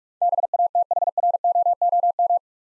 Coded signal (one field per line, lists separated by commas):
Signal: Morse code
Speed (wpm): 44 wpm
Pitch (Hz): 700 Hz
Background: none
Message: BATHROOM